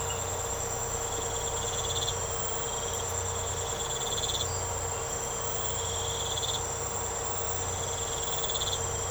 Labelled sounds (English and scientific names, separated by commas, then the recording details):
none
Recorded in secondary vegetation near Puerto Asís, Putumayo, Colombia, on 13 March 2025 at 03:00
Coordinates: 0.468, -76.324
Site G059